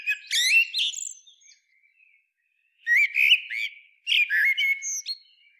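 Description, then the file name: Eurasian blackbird song, three mellow warbled phrases separated by short pauses, each mixing fluty notes with squeaky high twitters. "Turdus merula"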